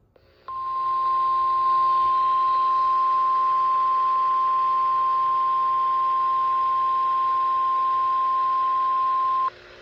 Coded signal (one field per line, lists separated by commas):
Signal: Emergency Alert System (SAME) tones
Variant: 1050 Hz attention tone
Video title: WWF75 Required Weekly Test. 11/12/25 EAS #514